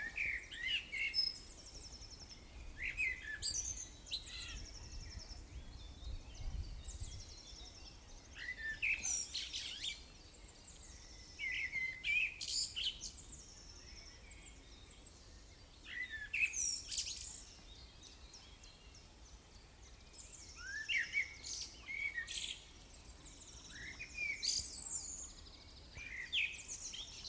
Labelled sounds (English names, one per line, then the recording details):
Common Blackbird song
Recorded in the wild
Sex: male
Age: adult
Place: Lübars (Fließtal), Berlin, DE
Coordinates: 52.6167, 13.35
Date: 2005-05-01 13:42
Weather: sunny, 22°C
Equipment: Sony WM-D6C, Sony ECM-MS 907, Kopie Uher 4000 Report Monitor
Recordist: Tembrock, Günter